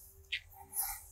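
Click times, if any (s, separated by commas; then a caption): none. An Ethernet cable's RJ45 plastic connector is handled at the port of a power-over-Ethernet injector, with a short bright scrape near 0.3 s and a louder hissy rustle around 0.8 s over a steady low hum. Nothing has seated or clicked yet; the connector is not yet home.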